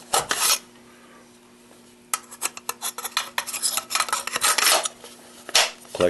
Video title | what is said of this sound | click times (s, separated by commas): Tactical Brass Catcher....Part 1 | once mounted like I said easy one-handed operation clicks | 2.1 s